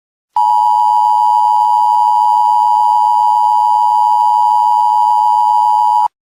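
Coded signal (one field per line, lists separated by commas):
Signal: Emergency Alert System (SAME) tones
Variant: 853 and 960 Hz attention tone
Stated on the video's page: Simulated EAS scenario for a fictional alien invasion.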